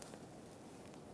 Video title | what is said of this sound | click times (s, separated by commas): How to Replace Upstream O2 Sensor 1995-2004 Toyota Tacoma | There we go. That's connected. It was a very silent click. | 0.0 s